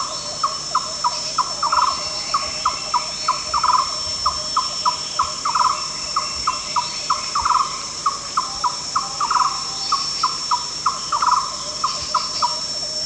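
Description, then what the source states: Yellow-crowned barbet repeating quick hollow notes in a steady rhythm, with a short trilled flourish every couple of seconds, while insects keep up a continuous high-pitched hum. Recorded at Danum on 1 July 2008.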